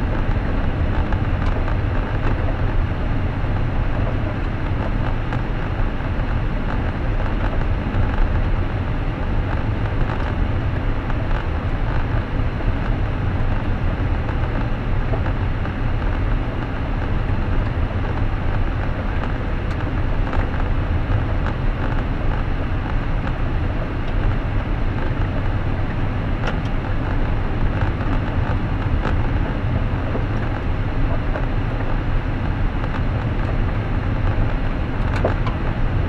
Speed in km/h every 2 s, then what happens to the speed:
62, 62, 61, 60, 60, 59, 59, 59, 59, 60, 60, 61, 63, 65, 65, 64, 64, 64.
0-36 steady at about 61.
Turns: none.